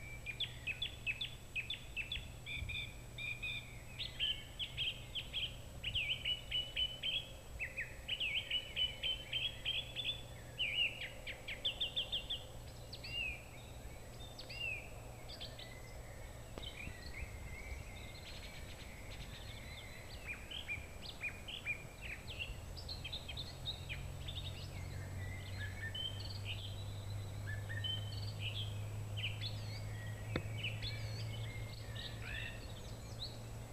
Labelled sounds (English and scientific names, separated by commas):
Song Thrush (Turdus philomelos) song